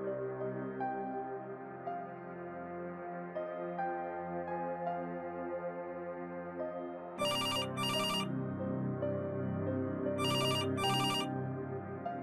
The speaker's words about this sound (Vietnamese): Ông Ninh tỉnh giấc bởi tiếng chuông điện thoại reo liên hồi.